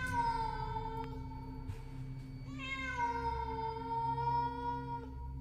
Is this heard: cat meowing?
yes